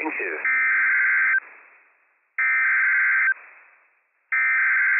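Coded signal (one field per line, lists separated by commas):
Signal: Emergency Alert System (SAME) tones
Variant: header bursts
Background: speech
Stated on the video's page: Operational EAS tones for a flash flood warning, relayed by weather radio station WWF56.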